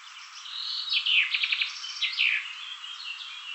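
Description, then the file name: Common chaffinch song: opening notes, a rapid rattling trill, then a dropping, emphatic end flourish. "Fringilla coelebs"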